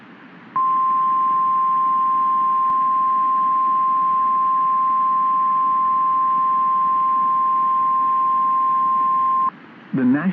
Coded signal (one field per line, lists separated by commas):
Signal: Emergency Alert System (SAME) tones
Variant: 1050 Hz attention tone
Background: speech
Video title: Severe Thunderstorm Warning Indiana Noaa Weather Radio Station WXJ 93 Lima Ohio 6/11/26